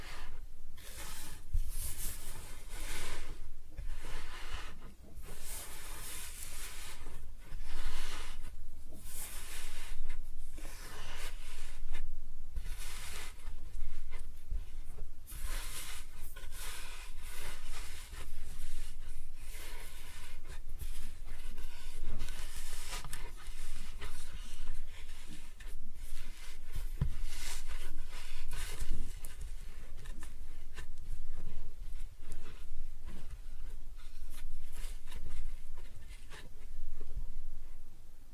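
Kinetic sand being cut and scooped, heard as soft, grainy hissing scrapes that come in repeated strokes throughout. Denser bursts of crumbly friction cluster in the first fifteen seconds, then the strokes grow lighter and more scattered, over a steady low rumble.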